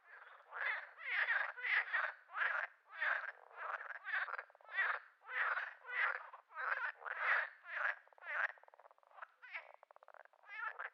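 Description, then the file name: Frog calling with rasping, chuckling croaks in a rapid, steady series, continuing throughout. Frog described as laughing. "Digiffects Sound Effects Library - Frog Laughing"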